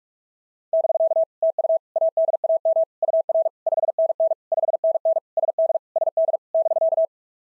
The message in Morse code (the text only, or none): <BK> TU ADAM UR 5NN 5NN SD SD <BK>